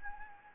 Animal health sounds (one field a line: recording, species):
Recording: mosquito wingbeat signal from an infrared sensor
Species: Anopheles gambiae